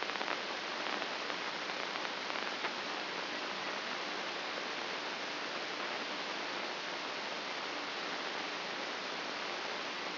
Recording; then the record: brain microelectrode recording played as sound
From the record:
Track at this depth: inside the subthalamic nucleus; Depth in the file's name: 4.23 mm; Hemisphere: left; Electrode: 2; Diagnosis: Parkinson's disease